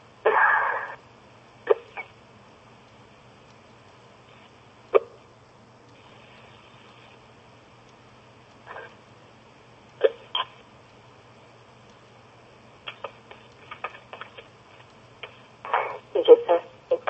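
Repeated hiccups from an adult woman, heard over a phone line, coming at irregular intervals and bunching together toward the end.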